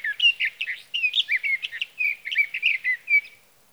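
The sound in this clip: Sage thrasher song: hurried warbled phrases with clear whistles and rougher notes, pouring out continuously.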